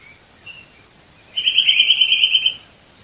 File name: Sitta europaea